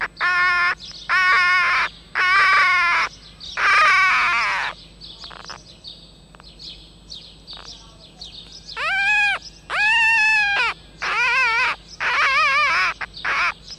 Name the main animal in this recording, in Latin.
Vulpes vulpes